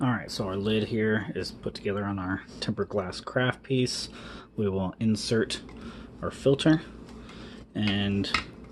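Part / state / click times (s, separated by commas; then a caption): coffee filter into carafe lid / not seated / none. Someone talks while handling a mesh filter for a cold brew maker, about to insert it into the assembled lid of a tempered glass carafe, where it twist-locks into place once spun far enough. Faint handling sounds mix with the speech. Nothing has seated or clicked yet.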